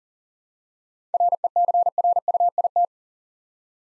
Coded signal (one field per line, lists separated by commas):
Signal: Morse code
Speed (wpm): 39 wpm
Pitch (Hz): 700 Hz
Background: none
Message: RECRUIT